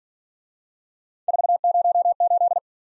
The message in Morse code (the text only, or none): 408